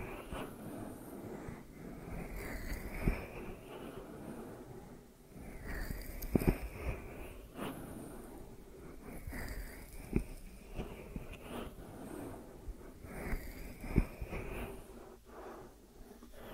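A deep ear massage: dense, muffled rubbing and swishing strokes with breathy friction, broken by sharp thumps near 3, 6.5, 10 and 14 seconds.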